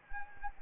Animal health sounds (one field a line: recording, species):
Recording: mosquito wingbeat signal from an infrared sensor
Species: Anopheles gambiae